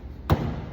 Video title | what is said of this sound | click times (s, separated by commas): Mercedes Sprinter DEF Tank Replacement (2019–2022) - Fixing P202D00 & P20F400 Codes | and that'll snap back in place. | 0.3 s